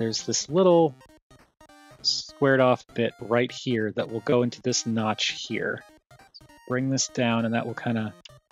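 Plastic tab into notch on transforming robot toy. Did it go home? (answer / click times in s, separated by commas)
no / none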